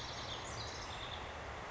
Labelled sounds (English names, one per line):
House Wren